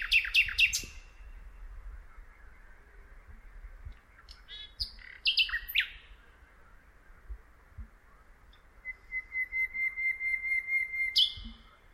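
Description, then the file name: Common nightingale song phrases: sharp descending whistles, scattered chirps, then a long pure whistle with a quick series of rhythmic, pulsing notes over it near the end. "Luscinia megarhynchos"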